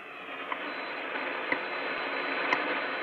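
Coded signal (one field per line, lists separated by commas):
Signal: radio time signal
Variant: WWV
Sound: faint short ticks once per second, 3 ticks, under steady radio hiss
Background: radio static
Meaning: Each tick marks one second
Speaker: we'll start off just by listening to WWV and I hopefully we've got it so you can hear it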